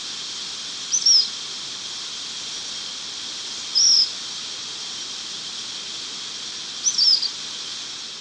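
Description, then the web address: Black phoebe calling three times with brief, high, falling chips over loud continuous hiss. Recorded in Ecuador. "Natures Songs S America Birds of Ecuador Black Phoebe"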